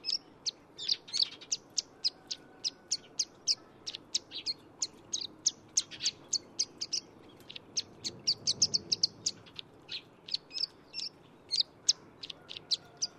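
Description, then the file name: Plain prinia calling with a long run of quick, thin, high notes, denser and more jumbled past the middle, against steady low background noise. "褐頭鷦鶯"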